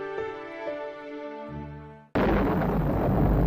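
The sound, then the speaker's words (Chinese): A sustained musical tone gives way abruptly to a loud, rumbling roar of mountain-blasting charges at the groundbreaking of the Ming Tombs Reservoir on a tributary of the Wenyu River in Changping, north of Beijing, on 21 January 1958, filling the last second and a half without fading. “1958年1月21日，京北昌平温榆河支流上，隆隆的开山炮声中，一项注定会载入新中国史册的工程正式破土动工。”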